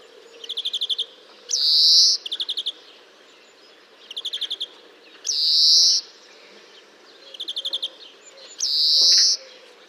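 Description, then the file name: European greenfinch alternating short chattering trills with a long, buzzy wheeze, three wheezes in all. "Chloris chloris"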